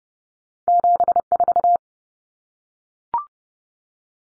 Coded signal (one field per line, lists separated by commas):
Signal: Morse code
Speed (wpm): 30 wpm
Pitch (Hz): 700 Hz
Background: none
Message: 74